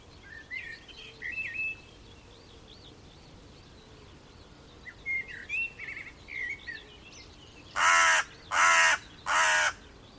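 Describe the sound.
Bird calling: short whistled chirps, then three harsh, rasping caws in quick succession at the end.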